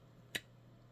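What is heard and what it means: A large Maxace Vortex 2.0 folding knife with carbon fiber is closed, its CPM 3V blade held shut in the handle by a detent ball on a titanium lock bar. A single short, sharp click sounds at 0.4 s against a quiet background. The blade locks closed, though the detent is a little soft.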